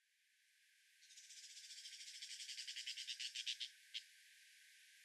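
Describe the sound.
Brown shrike grating chatter building steadily in loudness over nearly three seconds, followed by one separate harsh note.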